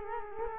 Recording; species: mosquito wingbeat signal from an infrared sensor; Culex quinquefasciatus